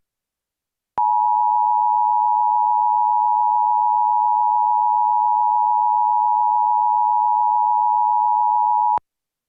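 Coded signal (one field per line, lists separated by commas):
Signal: Emergency Alert System (SAME) tones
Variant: 853 and 960 Hz attention tone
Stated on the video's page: Fictional joke EAS scenario.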